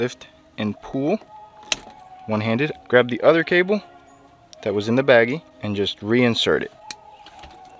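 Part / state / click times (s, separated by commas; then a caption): wiring harness connector into headlight cable plug / seated / 6.9 s. On a Toyota Tacoma headlight install, a wiring harness connector is pushed back into its headlight cable plug after swapping in the extra cable from the bag. Someone talks through most of the clip, then a sharp snap at 6.9 s marks the connector seating.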